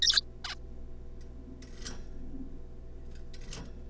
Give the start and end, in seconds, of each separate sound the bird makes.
0.02-0.21, 0.45-0.55